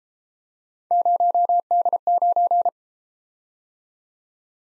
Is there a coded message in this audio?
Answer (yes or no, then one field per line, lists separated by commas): yes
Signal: Morse code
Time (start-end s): 0.9-2.7 s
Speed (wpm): 33 wpm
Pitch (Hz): 700 Hz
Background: none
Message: 0D9